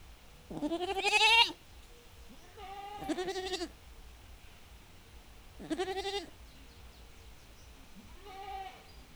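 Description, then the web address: Goat bleats: four trembling calls that alternate between louder and softer. Domestic goats in a farmyard, calling back and forth in a dialogue in the wind. "allathangok parasztudvar hazikecske kecske parbeszedaszelben"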